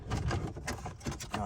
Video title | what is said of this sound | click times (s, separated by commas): E82 drift build episode 3: e82 hydro e brake install | yeah, you're right, just pops right in there. | 1.3 s